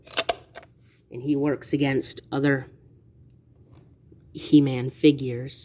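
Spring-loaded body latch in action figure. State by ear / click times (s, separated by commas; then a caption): released / 0.3 s. A 1980s Masters of the Universe action figure, pushed down and locked short, has the button on its back pressed, releasing its spring-loaded body latch with a loud snap at 0.3 s so its head rams up like a battering ram. A couple of fainter clicks follow just after, and then someone talks.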